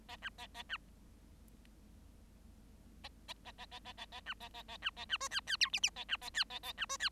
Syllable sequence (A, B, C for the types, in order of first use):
A B A A B A A A A A A A A B A A A B A B C D D E F F A B A D A A B C D